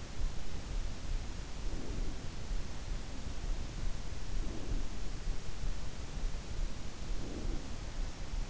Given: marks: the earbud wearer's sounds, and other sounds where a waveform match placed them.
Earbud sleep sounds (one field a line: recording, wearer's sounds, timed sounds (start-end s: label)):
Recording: sounds in sleep by an in-ear microphone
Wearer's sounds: breath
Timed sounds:
1.43-2.56 s: breath
4.27-5.27 s: breath
6.82-8.07 s: breath